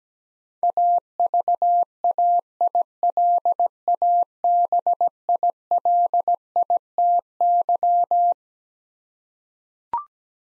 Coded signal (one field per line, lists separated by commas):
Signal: Morse code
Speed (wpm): 17 wpm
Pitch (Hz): 700 Hz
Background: none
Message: AVAILABILITY